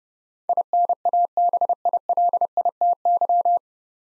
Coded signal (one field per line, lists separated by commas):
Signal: Morse code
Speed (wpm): 30 wpm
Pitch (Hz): 700 Hz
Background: none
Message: INABILITY